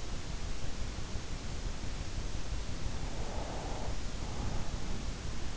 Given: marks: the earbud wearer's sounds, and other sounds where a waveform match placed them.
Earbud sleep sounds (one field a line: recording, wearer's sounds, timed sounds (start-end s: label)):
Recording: sounds in sleep by an in-ear microphone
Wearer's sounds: breath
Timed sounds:
2.46-5.57 s: breath